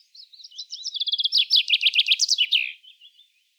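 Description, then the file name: Common chaffinch giving a lively descending song of rattling notes, closing with a crisp flourish and a few soft trailing chirps. "Fringilla coelebs"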